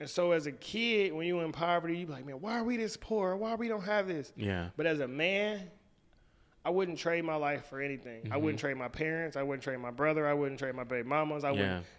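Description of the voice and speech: A man talks fluently in a clear, steady voice, with natural pauses and deliberately repeated phrases: ordinary speech.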